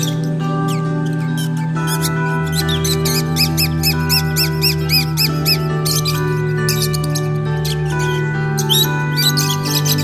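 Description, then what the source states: Lovebirds giving shrill, squeaky chirps in quick irregular bursts, some in rapid runs, over a steady droning hum of tones throughout. Lovebirds, used for audio therapy.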